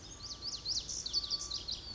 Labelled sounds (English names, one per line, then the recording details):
Lazuli Bunting
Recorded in Sonoma County, California